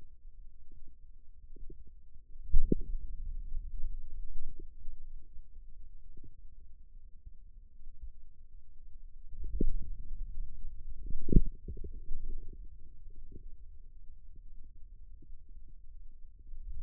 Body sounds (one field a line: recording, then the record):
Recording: forearm muscle sounds (acoustic myography)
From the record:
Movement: radial deviation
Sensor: system 2, bracelet of six BSWA MPA416 microphones around the upper forearm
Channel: 1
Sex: male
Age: 22 years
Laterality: right